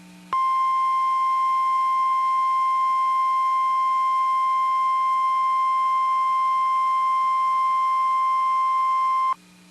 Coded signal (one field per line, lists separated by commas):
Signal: Emergency Alert System (SAME) tones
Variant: 1050 Hz attention tone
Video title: Severe Thunderstorm Warning for Bell, TX (EAS #97)